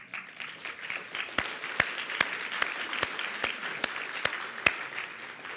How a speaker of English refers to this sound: I applaud because it's a miracle that she would put up with me for 38 years. Yes, and you applaud that too, I know, yeah.